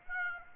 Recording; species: mosquito wingbeat signal from an infrared sensor; Aedes aegypti